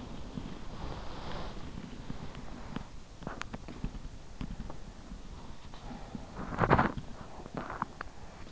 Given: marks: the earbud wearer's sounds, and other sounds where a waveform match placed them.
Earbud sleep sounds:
sounds in sleep by an in-ear microphone; body movement
0.00-8.40 s: body movement

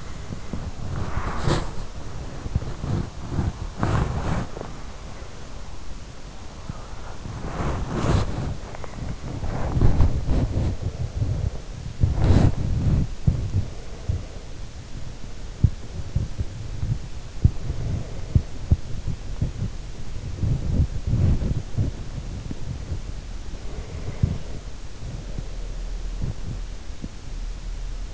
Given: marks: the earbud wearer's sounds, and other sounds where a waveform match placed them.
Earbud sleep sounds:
sounds in sleep by an in-ear microphone; body movement, breath
0.01-28.14 s: body movement
13.28-14.93 s: breath
17.29-19.39 s: breath
23.68-25.77 s: breath

